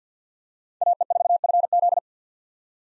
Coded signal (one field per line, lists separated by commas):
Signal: Morse code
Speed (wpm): 50 wpm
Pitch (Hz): 700 Hz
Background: none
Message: AE4FZ